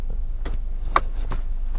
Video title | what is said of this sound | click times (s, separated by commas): Cara Paling Mudah Mengemudi Mobil Matic | Nah, ini sudah berbunyi klik. | 1.0 s